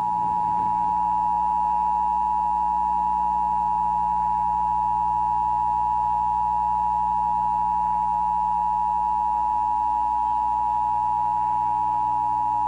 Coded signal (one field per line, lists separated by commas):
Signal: Emergency Alert System (SAME) tones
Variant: 853 and 960 Hz attention tone